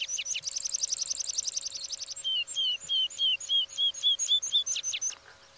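Meadow Pipit singing a rapid high trill that slows into a series of separate, lower notes.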